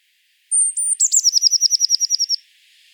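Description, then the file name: Eurasian blue tit song: high thin introductory notes followed by a fast trill of many short downward-slurred notes, lasting under two seconds. "Cyanistes caeruleus"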